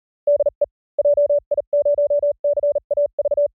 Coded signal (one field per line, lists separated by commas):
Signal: Morse code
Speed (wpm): 37 wpm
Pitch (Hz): 590 Hz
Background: none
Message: DE JI0CAV